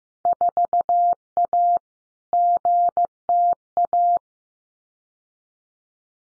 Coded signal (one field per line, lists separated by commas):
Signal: Morse code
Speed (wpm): 15 wpm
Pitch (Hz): 700 Hz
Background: none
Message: 4A GTA